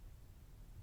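A GreenteQ Orion 3* BS euro cylinder lock is being picked, with its pin stack worked as pin three is lifted toward the shear line. Only a faint, steady low rumble and hiss are heard, with no sharp transients. Nothing has set or clicked yet.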